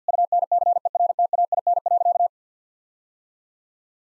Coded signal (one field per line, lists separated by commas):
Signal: Morse code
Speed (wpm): 50 wpm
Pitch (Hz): 700 Hz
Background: none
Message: UNCERTAIN.